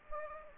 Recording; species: mosquito wingbeat signal from an infrared sensor; Anopheles gambiae